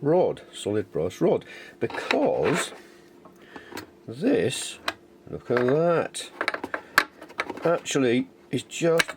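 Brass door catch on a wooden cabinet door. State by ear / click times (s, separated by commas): seated / 7.0 s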